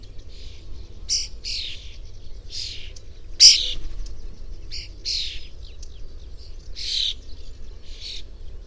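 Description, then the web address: Bird chirps, short bright high notes in quick bursts, one louder note near the middle, over a steady low rumble of background noise. "cianscape birddata Deverinetal 2025 File origin Bird Only"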